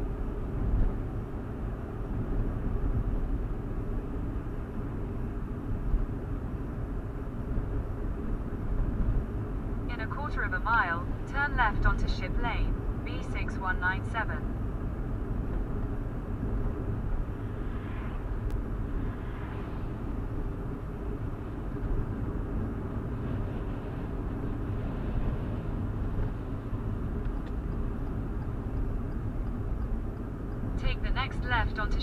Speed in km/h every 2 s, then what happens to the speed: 60, 60, 58, 60, 60, 60, 60, 60, 61, 60, 60, 60, 56, 55, 53, 52.
0-16 steady at about 60. 16-32 slows to 52.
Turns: none.